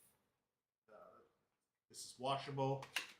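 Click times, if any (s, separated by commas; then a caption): none. The washable dust canister of a handheld vacuum, opened with its release button, is handled on its way back into the vacuum body while someone talks. Brief soft handling noises come between the speech. Nothing has seated or clicked yet by the end of the clip.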